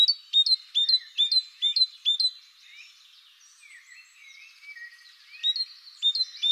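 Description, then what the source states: Great tit singing sharp repeated two-note phrases at a quick pace, interrupted by a softer jumble of calls before the phrases resume. Recorded in the Netherlands.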